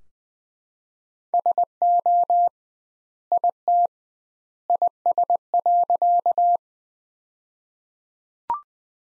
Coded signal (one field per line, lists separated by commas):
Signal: Morse code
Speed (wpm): 21 wpm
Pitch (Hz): 700 Hz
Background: none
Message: SO IT IS.